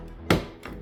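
The water reservoir at the back of a coffee machine is pulled slightly out towards the wall until it clicks out of position at 0.3 s with a sharp, loud click. A fainter knock follows at 0.65 s. The reservoir is released so it can be lifted off.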